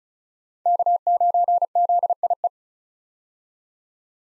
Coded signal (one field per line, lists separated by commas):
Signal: Morse code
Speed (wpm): 34 wpm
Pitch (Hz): 700 Hz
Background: none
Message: K9ZIE